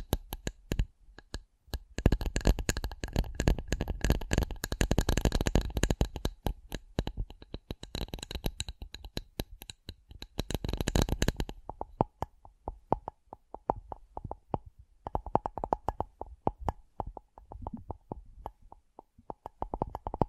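Rapid tapping with no speech: for the first eleven seconds it comes as a dense, bright, crackly flurry of clicks, like cards being shuffled. After that the taps thin out into sparser, more separate knocks with a slight ringing pitch to them.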